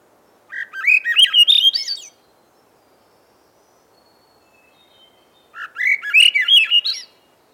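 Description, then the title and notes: Swainson's thrush singing two breezy, rising spiral phrases of rapid flute-like notes that climb higher and higher, with a long silent pause between them. "Swainson's Thrush Call by SciFri"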